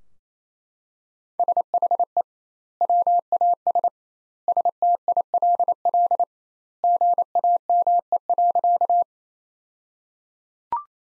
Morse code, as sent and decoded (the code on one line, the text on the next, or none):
... .... . / .-- .- ... / ... - .. .-.. .-.. / --. .- -- . .-.-.-
SHE WAS STILL GAME.